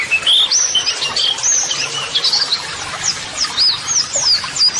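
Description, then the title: White-eye song with bright rising and falling whistles mixed into a fast, unbroken chatter of high chirps. Masteran (model song) audio for training white-eyes, described as therapy audio meant to make a bird answer at once; 'gacor' meaning a vigorously singing bird. "Pleci Gacor. LANGSUNG NYAUT MASTERAN AUDIO TERAPI PLECI"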